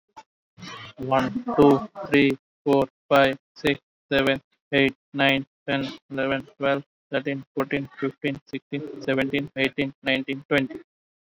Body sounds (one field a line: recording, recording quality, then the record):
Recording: counting at a normal pace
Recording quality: excellent, no background noise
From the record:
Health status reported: COVID-19 positive, mild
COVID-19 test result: positive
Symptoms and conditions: breathing difficulty, fever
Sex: male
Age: 38 years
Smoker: not ticked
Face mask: worn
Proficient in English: yes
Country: India